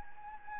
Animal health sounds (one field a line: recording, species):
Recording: mosquito wingbeat signal from an infrared sensor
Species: Anopheles gambiae